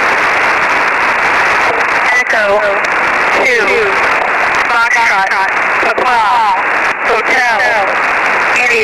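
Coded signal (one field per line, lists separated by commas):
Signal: coded military voice message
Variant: Emergency Action Message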